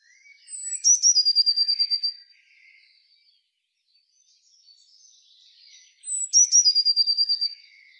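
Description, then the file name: Eurasian blue tit: a sharp high note followed by a fast trill of about ten bright notes. The phrase is given twice, about five seconds apart, with soft chatter between. "Cyanistes caeruleus"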